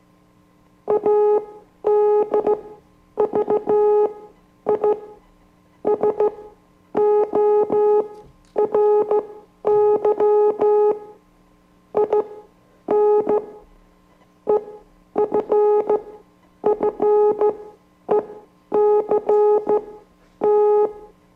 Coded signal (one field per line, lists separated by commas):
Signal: Morse code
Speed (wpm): 14 wpm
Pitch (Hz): 420 Hz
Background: music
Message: ADVISORY IN EFFECT